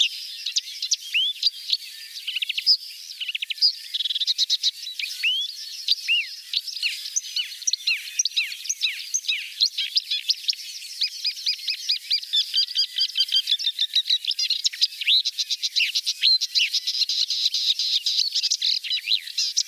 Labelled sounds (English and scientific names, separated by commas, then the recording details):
Marsh Warbler (Acrocephalus palustris) song
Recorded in the wild
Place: Balaton / Hubertuspark, HU
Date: 1990-06-01
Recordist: Schwarz, Dieter